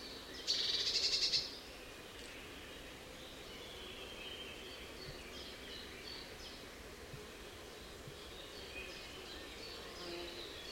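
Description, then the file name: Eurasian blue tit call: a rapid, high, buzzy trill of closely packed notes lasting about one second near the start, followed by steady background hiss. "Cyanistes caeruleus"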